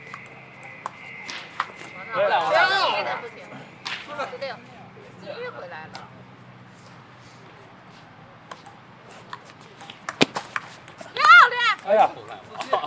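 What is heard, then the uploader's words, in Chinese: Scattered voices talk in bursts at Beijing's Ditan, with sharp clicks and taps throughout, a steady low hum, and a brief tone early on. 北京地坛。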